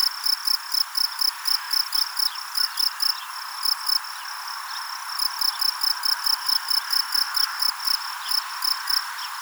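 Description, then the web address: Insect producing rapid shrill chirps in bursts, roughly four a second, with short gaps between runs over a faint background hiss. "Insect Set 459"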